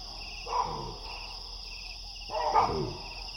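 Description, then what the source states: Baboon alarm barks, two harsh descending barks about two seconds apart over a steady chirping insect chorus. Baboons roosting in a big tree at nightfall, sensing a distant predator and sounding the alarm; Wassadou, Niokolo Koba National Park, Eastern Senegal, West Africa; 13 November 2017.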